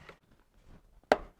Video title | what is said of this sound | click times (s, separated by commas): Fixing a fuel problem on a Ford Ranger 4x4 with a carburetor. | there we go you heard it pop it's past there | 1.1 s